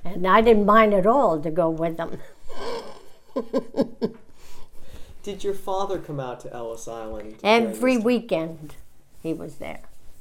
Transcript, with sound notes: and I didn't mind at all to go with him. ( she laughs )
Did your father come out to Ellis Island?
Every weekend he was there,